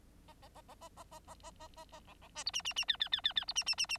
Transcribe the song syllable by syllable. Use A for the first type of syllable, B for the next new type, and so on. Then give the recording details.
A A A A A A A A A A A A B B C D E E E F F F F F D E E E E. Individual Bird9